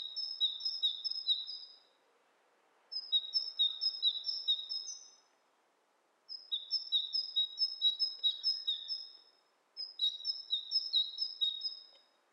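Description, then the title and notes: Birds trading calls: four bouts of quick high whistled note pairs, each lasting two to three seconds with short pauses, over faint low background noise. Two birds interacting; lo-fi recording. "bird dialogs. lo-fi recording of two birds interacting"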